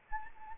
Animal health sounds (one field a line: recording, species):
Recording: mosquito wingbeat signal from an infrared sensor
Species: Anopheles arabiensis